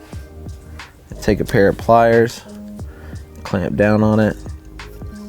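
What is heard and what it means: During a hood-mounted Spartan light installation on a 2024 F150, a plastic T-tap splice is handled and positioned on the vehicle wire to be clamped with a pair of pliers while someone talks, with a few soft handling taps between the speech. Nothing has seated or clicked yet; the clip ends before the connector closes.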